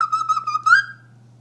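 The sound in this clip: Northern bobwhite call: a clear whistle held level for most of a second, then rising slightly at the end, over a faint low steady hum.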